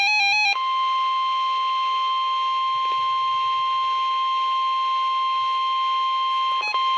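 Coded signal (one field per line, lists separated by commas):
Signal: Emergency Alert System (SAME) tones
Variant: 1050 Hz attention tone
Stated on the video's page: Special Marine Warning received on NOAA Weather Radio station KIH28 from the Mount Holly, NJ forecast office.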